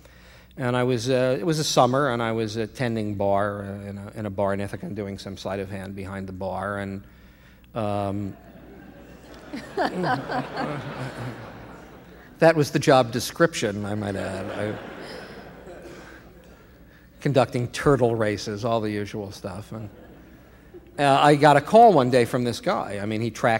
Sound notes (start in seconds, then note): 8.3 laughter; 14.0 laughter